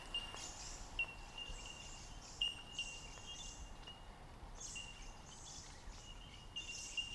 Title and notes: Fernleigh Track Bellbirds. That special stretch of the Fernleigh Track where the bellbirds abound all around